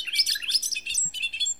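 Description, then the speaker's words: Bobolink song, a fast bubbly jumble of tinkling, metallic notes jumping up and down in pitch, with a thin high whistle near the end. Ecstatic and bubbly song with conspicuous hovering flight; Military Ridge Prairie Heritage Area, Dane and Iowa counties, southwest Wisconsin, prairie grassland, in June while males are still singing. "bobolinks have a conspicuous hovering flight, coupled with an ecstatic and bubbly song."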